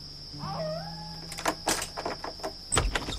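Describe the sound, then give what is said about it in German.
A short meow, then a handful of heavy, irregular bangs as a soldier strikes the door of a hacienda house with the pommel of his weapon at night, with a steady high-pitched whine underneath. “Sargento Gonzales war mit seinen Soldaten bei der Verfolgung Zorros bis an das Haus gekommen und schlug mit dem Knauf seiner Waffe gegen die Tür”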